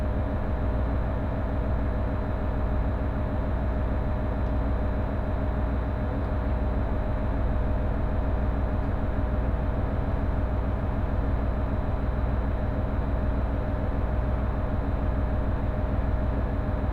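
Inside a Senseki-Tohoku Line rapid train: a steady, dense low rumble with a constant hum and faint rhythmic clatter throughout, unchanging.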